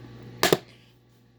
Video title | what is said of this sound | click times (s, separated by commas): Eureka TheBoss Superlite Vacuum Repair & Rant/Story | Just like that. Whole base just snaps on. | 0.4 s